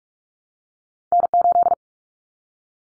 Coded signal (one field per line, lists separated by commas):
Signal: Morse code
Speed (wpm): 44 wpm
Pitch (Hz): 700 Hz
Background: none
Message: N8